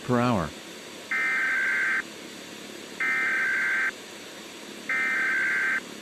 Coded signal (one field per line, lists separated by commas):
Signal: Emergency Alert System (SAME) tones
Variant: header bursts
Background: speech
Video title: Global Heating (Worldwide Edition) - An EAS Scenario